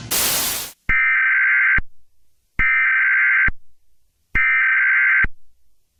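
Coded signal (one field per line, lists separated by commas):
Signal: Emergency Alert System (SAME) tones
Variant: header bursts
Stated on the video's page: Fictional meltdown scenario with evacuation.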